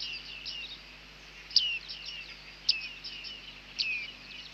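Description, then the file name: Bearded reedling calls, soft high twittering with three louder descending pings roughly a second apart. "Bearded Tit (Panurus biarmicus)"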